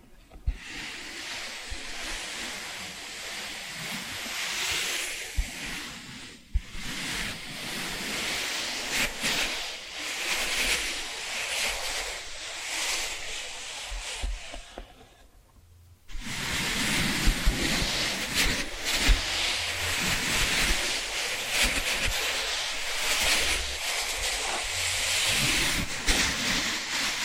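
Tapping and scratching run almost without pause in a dense, hissy texture that is brightest in the upper range, with quick irregular ticks layered through it. Brief dips interrupt it near 6 seconds and again around 15 seconds before it resumes, slightly louder.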